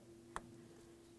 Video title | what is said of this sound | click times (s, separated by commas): How to Replace Radiator 2000-2005 Buick LeSabre | Reconnect in your temperature sensor. Listen for a click. | 0.4 s